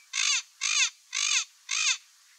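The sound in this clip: Amazon parrot squawking: four harsh, raspy calls in a steady row, with short silent gaps between them.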